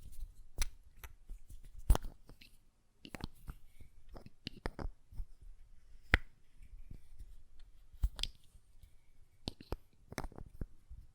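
Sharp tapping on a glass perfume bottle and lid, irregular clicks and clinks every second or so, with a brief quiet pause near three seconds.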